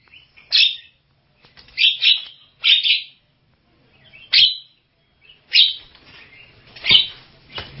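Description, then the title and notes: Javan myna song of harsh, squawky bursts, delivered in irregular clusters with short silent gaps between them. "Jalak Kebo. Kicau Burung Jalak"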